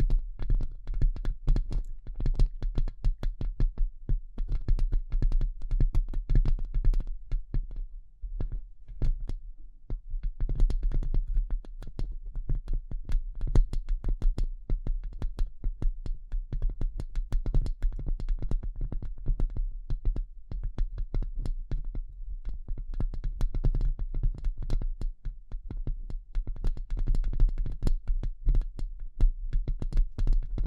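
Delicate tapping, quick and irregular clicks that run densely through the whole stretch over a steady low rumble, thinning briefly around eight seconds.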